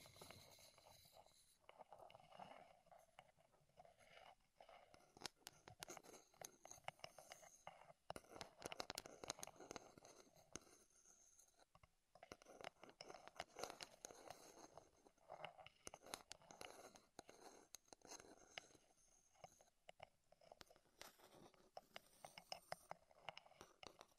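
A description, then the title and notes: Wooden tapping and scratching triggers form a dense stream of crisp clicks and knocks, busiest around the middle, with brief quiet gaps. ASMR Wood Triggers in Your Ears (No Talking).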